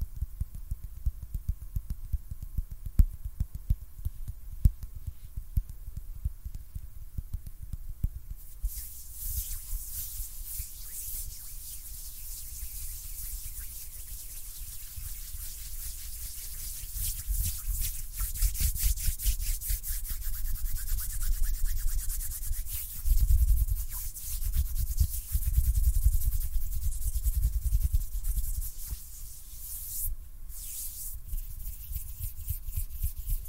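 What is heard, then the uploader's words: Hands rubbing and handling, starting with soft low thumps and taps for the first eight seconds or so. A dry, hissy rubbing then sets in and continues steadily, growing fuller and more intense from about eighteen to twenty-eight seconds, with a brief pause near thirty. ASMR HAND SOUNDS NO TALKING.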